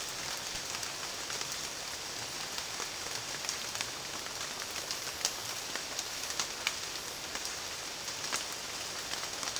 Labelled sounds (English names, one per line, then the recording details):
none
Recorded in dense forest near Puerto Asís, Putumayo, Colombia, on 25 June 2025 at 13:00
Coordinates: 0.466, -76.327
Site GP04